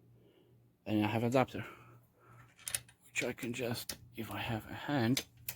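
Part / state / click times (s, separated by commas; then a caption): air hose male plug into female quick-connect coupler / not seated / none. Someone talks while handling an air compressor line's male plug and the female quick-connect coupler on an adapter, with brief handling ticks near 2.7, 2.9 and 5.5 seconds. The clip ends before the plug goes home, so nothing has seated or clicked in yet.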